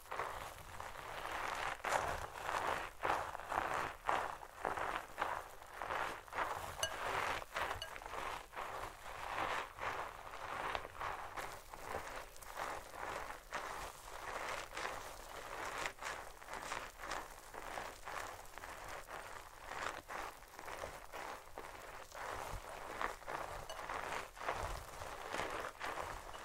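Scalp massage produces a dense, steady patter of soft scratching and rubbing across the hair, with frequent quick strokes throughout.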